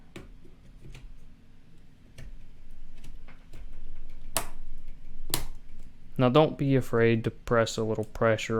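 A second RAM module is pressed down into channel 4 of a motherboard DIMM slot, sticker facing outward, with faint ticks of handling before two loud, sharp clicks at 4.4 s and 5.3 s as the slot clips latch and the module seats. Someone then talks.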